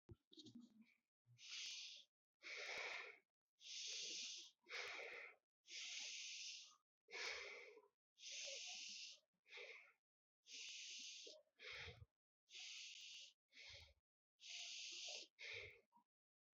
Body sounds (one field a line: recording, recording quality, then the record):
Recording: deep breathing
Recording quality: excellent, no background noise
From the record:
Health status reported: exposed to COVID-19, no respiratory illness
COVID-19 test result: not tested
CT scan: not taken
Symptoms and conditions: none ticked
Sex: male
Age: 25 years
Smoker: no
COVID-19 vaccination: both doses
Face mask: worn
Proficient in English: yes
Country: India